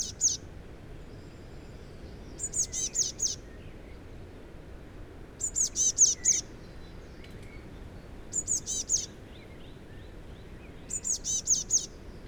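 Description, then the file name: Eurasian blue tit giving quick clusters of high, thin notes, four or five per burst, every few seconds, over a soft steady background rumble. "Cyanistes caeruleus"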